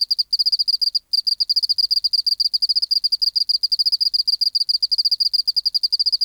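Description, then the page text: Oceanic field cricket song, quick regular pulses forming a continuous high chirping trill, interrupted by short breaks near the start. Museum specimen in the BMNH Acoustic Laboratory, 19 March 1984, 11:15 local time, 24°C, 30% humidity, still air, dim light. "Teleogryllus oceanicus. BioAcoustica. Natural History Museum Sound Archive. Recording Location: BMNH Acoustic Laboratory Recorded by: W. J. Reynolds Date Recorded: Mandag, marts 19, 1984 Local time: 1115"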